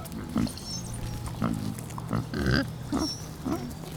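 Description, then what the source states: Pig grunts: several short low oinks with a steady low hum behind. Piglets, more than one, hanging out.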